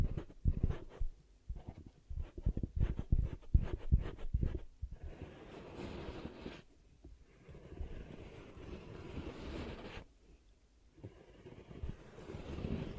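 Ear cupping triggers: for the first five seconds, quick muffled thumps and pats come in rapid, uneven bursts. After that the sound shifts to a steady hollow rushing, with a brief near-silent break around ten seconds before the rushing returns.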